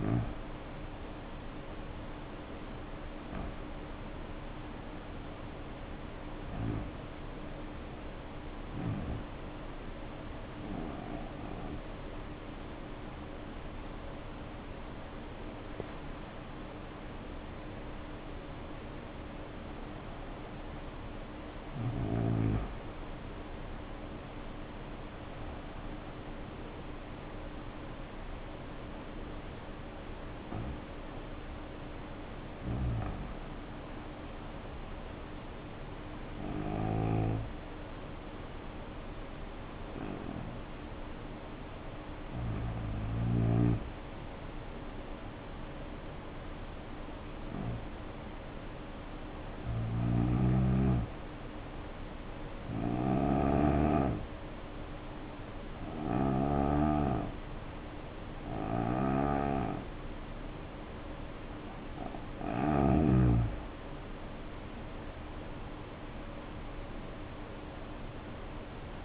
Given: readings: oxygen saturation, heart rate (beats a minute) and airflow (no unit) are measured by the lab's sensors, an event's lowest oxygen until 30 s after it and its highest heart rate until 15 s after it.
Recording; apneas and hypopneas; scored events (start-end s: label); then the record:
breathing in sleep by a voice recorder at the bedside; 2
6.00-20.70 s: hypopnea (N1, oxygen 95% highest, then 91% lowest, heart rate 77 at the start, 80 highest)
33.00-63.50 s: hypopnea (N1, oxygen 94% highest, then 85% lowest, heart rate 66 at the start, 81 highest)
From the record:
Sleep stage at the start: N1 (lightest sleep); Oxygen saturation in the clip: 88 to 95%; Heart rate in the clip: 64 to 80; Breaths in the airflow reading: 19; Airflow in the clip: -7.1 to 6.2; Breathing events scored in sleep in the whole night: 520 in 7.2 hours asleep